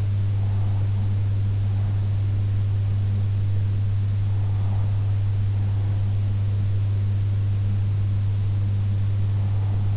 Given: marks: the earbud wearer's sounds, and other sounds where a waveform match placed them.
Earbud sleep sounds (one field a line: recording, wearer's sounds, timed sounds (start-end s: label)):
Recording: sounds in sleep by an in-ear microphone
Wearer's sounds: breath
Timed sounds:
0.00-1.99 s: breath